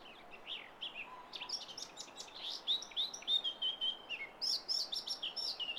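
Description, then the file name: Eurasian blackcap song: a fast, varied warble of high, sliding whistled notes, with a run of clearer fluty phrases near the middle and a quiet hiss throughout. "Sylvia atricapilla"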